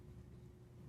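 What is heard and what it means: A Transient 3.2 folding knife with a hollow-ground Magnacut blade and a brown contoured G10 handle is handled as its blade is about to be closed into the handle detent. Only a steady low rumble and faint broadband noise are heard. Nothing has seated or clicked yet.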